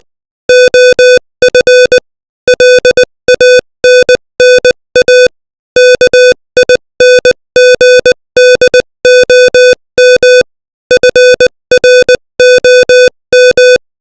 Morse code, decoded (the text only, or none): OF LANNA KINGDOM FROM